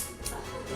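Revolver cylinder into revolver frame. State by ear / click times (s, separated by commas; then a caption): seated / 0.3 s. A revolver's swing-out cylinder, loaded with dummy rounds, is pushed into the metal frame during a classroom handling session. A short metallic click at 0.3 s marks the cylinder seating and locking in place. No words are spoken in the clip.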